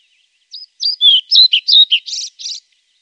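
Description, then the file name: European pied flycatcher delivering a short song phrase of sweet whistled notes, ending in two buzzier, rougher syllables. "Svartvit flugsnappare"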